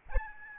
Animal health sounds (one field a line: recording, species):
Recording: mosquito wingbeat signal from an infrared sensor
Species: Aedes albopictus